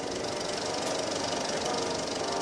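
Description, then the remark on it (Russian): A film projector showing a film whirs steadily in a room, a continuous, even mechanical hum with a faint rattling texture, resembling the rumble of a powerful car. It holds at a constant level throughout, with no voices. “Мягкий шум проектора раздавался в комнате, как рокот мощного автомобиля.”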